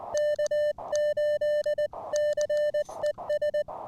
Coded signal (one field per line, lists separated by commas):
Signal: Morse code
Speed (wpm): 20 wpm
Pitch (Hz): 600 Hz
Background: music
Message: K8CES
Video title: New-To-Me Elecraft K1 And A New Prototype Paddle! A CW POTA Activation.